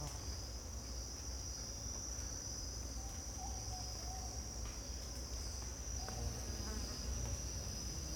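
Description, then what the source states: Insects: a dense chorus keeps up an unbroken high whine over a low rumble, with a few faint bird calls. Costa Rica rainforest jungle, morning, insect bed with distant bird calls, spaced AB stereo recording with CMC 6 microphones.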